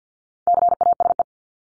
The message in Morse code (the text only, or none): CASE